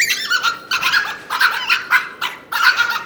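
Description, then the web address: Dog barking, a run of about five sharp, high yapping barks spaced roughly 0.6 seconds apart. "AKAI S 6000 CD-ROM - Volume 1 SOUND EFFECT DOGS"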